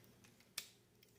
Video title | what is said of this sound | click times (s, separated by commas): Transformers Studio Series 05 Voyager Class ROTF Optimus Prime | and it just locks into place. | 0.6 s